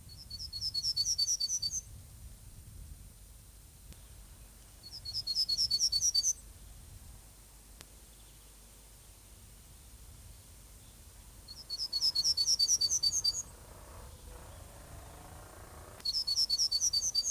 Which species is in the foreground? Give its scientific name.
Emberiza citrinella